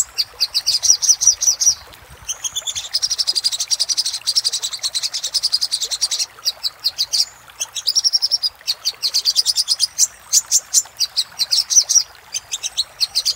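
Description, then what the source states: Little spiderhunter singing long bursts of fast, high, piercing notes, trills of several seconds separated by short breaks. Master recording used for training cage birds.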